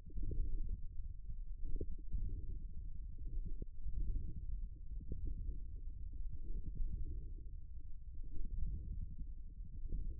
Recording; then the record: forearm muscle sounds (acoustic myography)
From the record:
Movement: ulnar deviation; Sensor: system 1, eight BSWA MPA416 microphones around the upper forearm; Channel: 8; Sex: male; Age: 54 years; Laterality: right